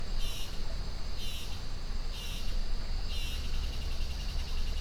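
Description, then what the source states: Insect chatter: four buzzy swells about a second apart, then only a steady high drone remains, all above the rushing sound of a river. Rainforest jungle in Costa Rica at 06:32 AM, insect chatter swelling, river present, recorded with a Holophone microphone.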